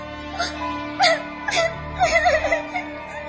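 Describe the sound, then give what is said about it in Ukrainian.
Soft, high-pitched whimpering and sobbing in a series of short, wavering bursts, rising and falling in a quiet, tearful rhythm with no words. “Не плачь, я тебе не крану.”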